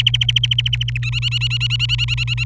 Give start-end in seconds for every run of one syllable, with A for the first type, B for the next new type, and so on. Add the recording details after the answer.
0.00-0.98 A, 1.02-2.44 B. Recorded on 26 April 2018 at 11:47. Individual llb3